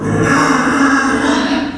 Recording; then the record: squeal of a Yucatan mini pig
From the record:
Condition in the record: after surgery on the right vocal fold (resection and tissue-engineered implant); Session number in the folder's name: 4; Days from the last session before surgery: 26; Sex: female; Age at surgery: 19 weeks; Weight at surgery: 25 kg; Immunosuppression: prednisolone